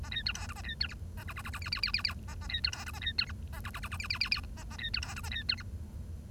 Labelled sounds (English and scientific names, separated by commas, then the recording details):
Bengalese Finch (Lonchura striata domestica) song
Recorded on 1 October 2012 at 10:01
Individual or60yw70